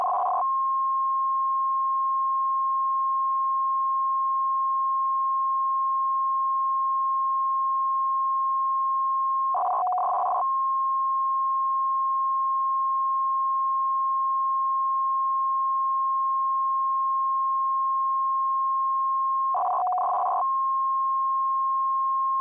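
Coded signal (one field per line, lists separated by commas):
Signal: unidentified radio signal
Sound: continuous steady tone near 1 kHz, interrupted by a short warbling burst every ten seconds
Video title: Ham Radio Fun: Beep and Scrambled Tone Signal Sound Effect 2019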